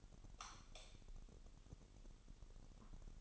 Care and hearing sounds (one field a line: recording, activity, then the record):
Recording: daily activity, microphone in the room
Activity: light off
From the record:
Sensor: 4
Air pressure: 989.2 hPa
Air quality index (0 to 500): 223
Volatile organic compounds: 81 ppm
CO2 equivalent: 3613 ppm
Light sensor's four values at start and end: 27/91/34/35 and 24/79/30/30